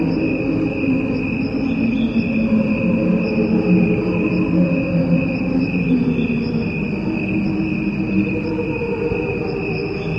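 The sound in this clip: Cricket trilling steadily without pause, over a strong low rumble of background noise.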